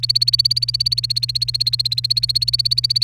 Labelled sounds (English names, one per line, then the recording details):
Domestic Canary song
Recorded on 28 April 2018 at 17:55
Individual llb3